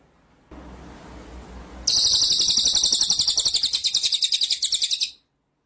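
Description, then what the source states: White-rumped shama song: after soft hiss, a sustained high, buzzy trill of quick repeated pulses runs about three seconds before stopping abruptly. Masteran training song in rolling, shooting style (ngerol nembak).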